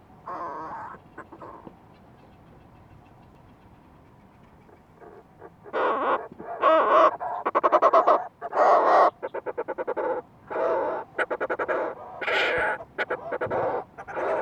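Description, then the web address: Fulmar prion calls: a quiet opening, then loud harsh croaking bursts and rapid chattering pulses, roughly one per second, with uneven spacing. "sound fulmar-prion. صدای-پرنده-پریان-بدبو"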